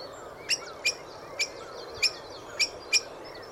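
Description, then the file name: Eurasian blackbird calls: six short, sharp clicking notes at uneven intervals, with faint chirping of other birds behind. "Turdus merula"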